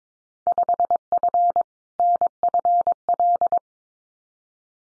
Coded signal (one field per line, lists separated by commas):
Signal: Morse code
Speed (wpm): 22 wpm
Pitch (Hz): 700 Hz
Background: none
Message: 5F NFL